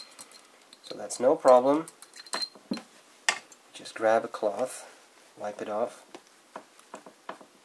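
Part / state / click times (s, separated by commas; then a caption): ink converter into fountain pen section / seated / 7.3 s. After ink leaks, a push-type ink converter is pressed further onto a fountain pen section while someone talks, with small taps and handling sounds between the words. The converter seats with a faint click at 7.3 s, felt more than heard, and the leaking then stops.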